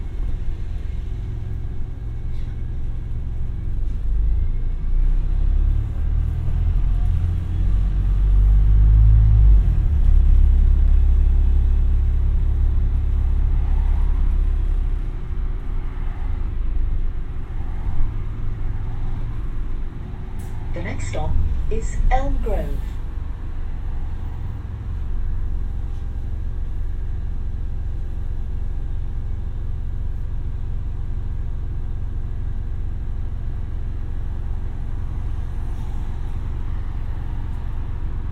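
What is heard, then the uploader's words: Inside a Brighton bus, a steady low engine rumble swells around ten seconds, with brief squealing brake or door sounds near twenty-two seconds. Bus 49, Brighton. Take a ride on a bus from Brighton towards Moulsecoomb.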